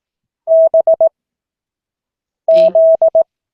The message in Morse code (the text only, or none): B Z